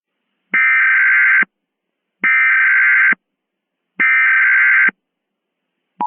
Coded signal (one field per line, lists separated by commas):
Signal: Emergency Alert System (SAME) tones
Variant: header bursts